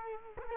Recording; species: mosquito wingbeat signal from an infrared sensor; Culex quinquefasciatus